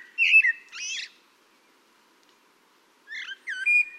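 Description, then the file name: Common blackbird: two short bursts of whistled, twittering notes separated by about two seconds of silence. "Turdus merula"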